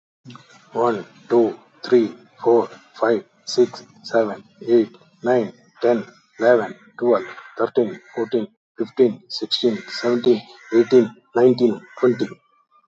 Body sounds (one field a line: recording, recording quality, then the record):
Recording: counting at a normal pace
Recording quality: moderate, slight background noise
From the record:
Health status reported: healthy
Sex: male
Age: 64 years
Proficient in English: yes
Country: India